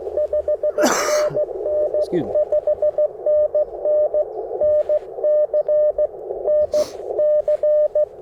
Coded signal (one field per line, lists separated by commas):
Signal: Morse code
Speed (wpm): 20 wpm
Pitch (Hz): 600 Hz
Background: none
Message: 5NN 5NN NC NC